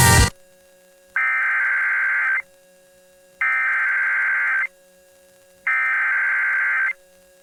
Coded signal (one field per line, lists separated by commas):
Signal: Emergency Alert System (SAME) tones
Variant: header bursts